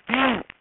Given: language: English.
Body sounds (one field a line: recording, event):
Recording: throat vibration sensor signal played as sound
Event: throat clearing